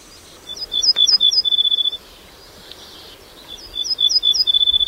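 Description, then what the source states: Ortolan Bunting song: a few high repeated notes ending in a longer trill, heard twice over a soft background hiss. Polish dialect of the song, ending in a final trill or tremolo, rendered 'tui, tui, tui, tui, trrr'.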